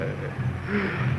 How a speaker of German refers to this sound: Genosse Kapitän, ich höre das Flugzeug des Genossen Babuschkin.